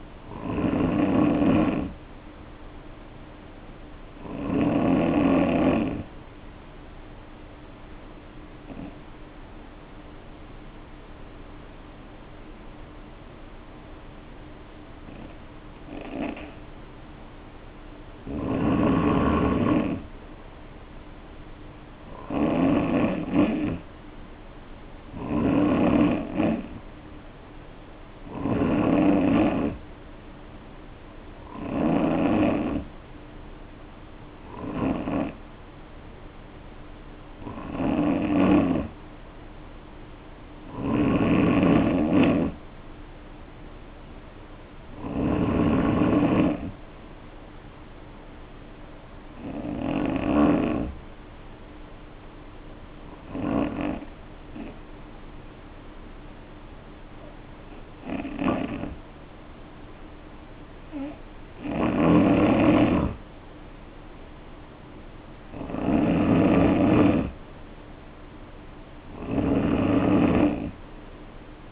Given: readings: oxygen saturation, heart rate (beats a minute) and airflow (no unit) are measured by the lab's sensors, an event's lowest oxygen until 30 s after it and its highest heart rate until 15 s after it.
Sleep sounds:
breathing in sleep by a voice recorder at the bedside; 2
11.00-25.20 s: hypopnea (N2, oxygen 94% highest, then 89% lowest, heart rate 55 at the start, 59 highest)
35.00-71.72 s: new sleep stage, N3 (deep sleep)
56.00-66.40 s: hypopnea (N3, oxygen 93% highest, then 90% lowest, heart rate 58 at the start, 60 highest)
From the record:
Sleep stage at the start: N2 (light sleep); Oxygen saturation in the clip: 89 to 94%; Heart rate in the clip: 53 to 59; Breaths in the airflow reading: 18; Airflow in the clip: -3.1 to 3.5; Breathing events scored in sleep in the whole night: 520 in 7.2 hours asleep

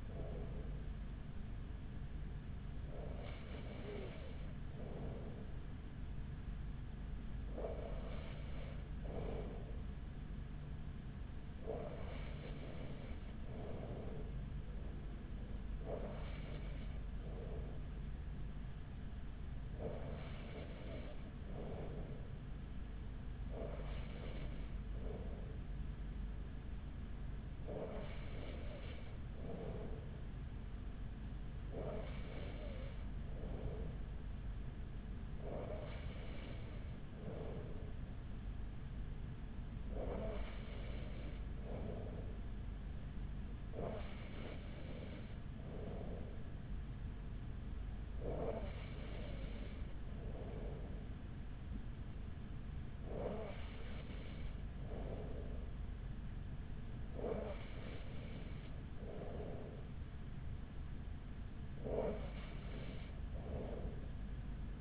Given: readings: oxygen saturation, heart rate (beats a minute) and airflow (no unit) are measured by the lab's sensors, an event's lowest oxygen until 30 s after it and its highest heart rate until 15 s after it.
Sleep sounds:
breathing in sleep by a smartphone at the bedside; none
5.00-35.00 s: new sleep stage, N3 (deep sleep)
35.00-64.81 s: new sleep stage, N2 (light sleep)
From the record:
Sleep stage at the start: N2 (light sleep); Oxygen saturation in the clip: 94%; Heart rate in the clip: 40 to 46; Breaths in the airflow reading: 16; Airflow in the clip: -5.3 to 4.7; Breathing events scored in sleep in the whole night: 207 in 7.6 hours asleep

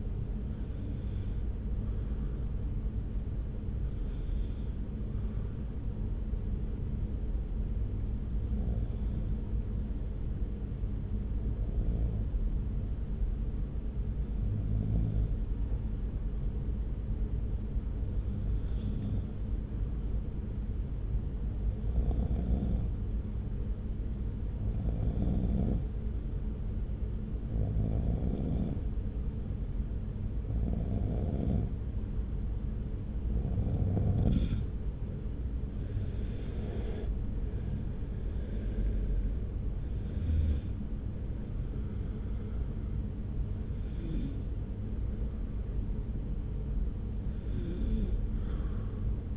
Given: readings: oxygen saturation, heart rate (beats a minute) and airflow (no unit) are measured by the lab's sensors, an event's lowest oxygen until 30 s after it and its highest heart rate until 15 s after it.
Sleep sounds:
breathing in sleep by a smartphone at the bedside; 1
7.00-35.10 s: hypopnea (N1, oxygen 95% highest, then 87% lowest)
From the record:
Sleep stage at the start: N1 (lightest sleep); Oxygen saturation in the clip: 87 to 95%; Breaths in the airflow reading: 12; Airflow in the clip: -1.8 to 3.5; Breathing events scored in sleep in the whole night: 335 in 6.7 hours asleep

